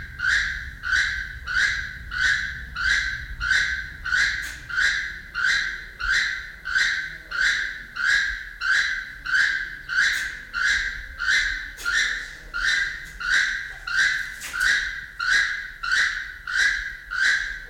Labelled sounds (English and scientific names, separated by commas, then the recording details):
Keel-billed Toucan (Ramphastos sulfuratus) call
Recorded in captivity
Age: adult
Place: Zoo Berlin, Berlin, DE
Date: 1993-06-05 11:02
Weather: 20-25 °C, sonnig
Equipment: Marantz CP 430, Sennheiser ME 80, Kopie Uher Variocord 263
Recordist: Tembrock, Günter
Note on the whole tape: Rufreihe; 6 m